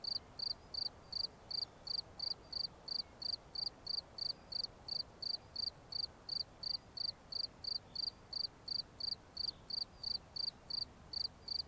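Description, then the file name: Cricket giving a steady stream of sharp, high-pitched chirps, roughly three per second, evenly paced from start to finish. "Grillons"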